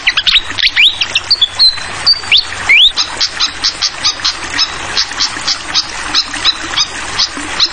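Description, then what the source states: Malaysian pied fantail song: rapid dry chirps and sharp rising whistles, some high thin slurred notes, over a steady hiss of trickling water. Tutoring track (masteran) for training songbirds; clear-voiced song mixed with the sound of trickling water.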